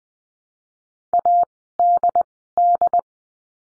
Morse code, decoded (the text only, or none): ADD